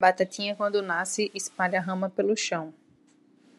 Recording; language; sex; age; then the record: short text; Brazilian Portuguese; female; 30 to 39 years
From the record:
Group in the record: control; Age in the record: 31 years